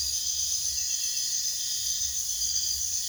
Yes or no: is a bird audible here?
no